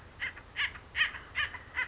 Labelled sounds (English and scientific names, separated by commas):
Acorn Woodpecker (Melanerpes formicivorus)